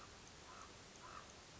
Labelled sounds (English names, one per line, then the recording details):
Common Raven
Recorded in Sonoma County, California